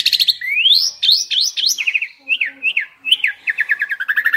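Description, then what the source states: Asian pied starling song, a long rising whistle followed by quick slurred notes and a run of rapid chattering trills. Lively, vigorous singing (gacor).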